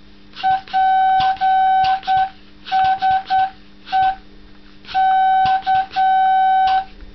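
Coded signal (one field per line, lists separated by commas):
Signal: Morse code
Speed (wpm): 9 wpm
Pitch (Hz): 760 Hz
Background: none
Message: PSE K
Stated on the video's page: CW keyed with a key made from a bicycle pump.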